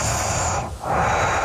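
An adult woman snoring in her sleep. The noise comes only from the nose, with the mouth shut.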